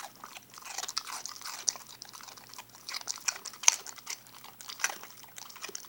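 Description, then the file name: Dog crunching steadily, with rapid, dry snapping bites and chomps, and a faint low hum in the background. Puppy named Gabe eating a baby carrot. "creak-freak my-pup-gabe-eating-a-baby-carrot"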